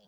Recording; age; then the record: pig call; piglet (1 to 25 days)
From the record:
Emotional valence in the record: positive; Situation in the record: short reunion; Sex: male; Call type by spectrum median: low-frequency call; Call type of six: low-frequency tonal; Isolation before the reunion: 3 minutes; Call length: 0.07 s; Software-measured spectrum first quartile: 386 Hz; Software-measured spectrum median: 1276 Hz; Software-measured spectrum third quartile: 3896 Hz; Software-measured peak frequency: 195 Hz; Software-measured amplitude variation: 8 dB a second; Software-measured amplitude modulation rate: 6.9 a second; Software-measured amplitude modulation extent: 1.2 dB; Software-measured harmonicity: 3.0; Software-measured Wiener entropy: -2.50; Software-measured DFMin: 1035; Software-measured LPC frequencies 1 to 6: 593, 3330, 4555, 5883, 7002, 7908 Hz